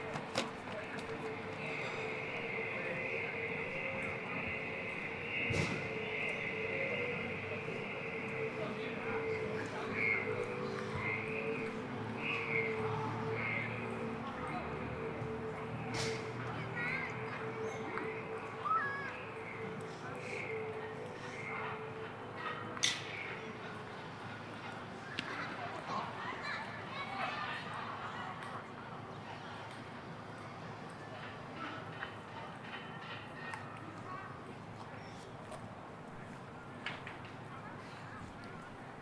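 A steady outdoor murmur at Ditan in Beijing, with voices talking through much of it. For the first twenty seconds a high whine and a lower hum run alongside, like a passing machine, with sharp knocks near 6, 16 and 23 seconds before the sound quiets slightly.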